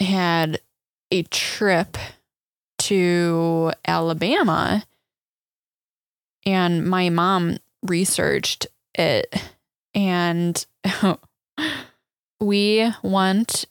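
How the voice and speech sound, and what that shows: Young adult woman with aphasia, a loss of speech after a stroke she had at age 14, eleven years earlier; she has relearned to talk and also has hemiparesis and vision impairment. Her speech is slow and halting, with drawn-out sounds and long pauses breaking up short phrases.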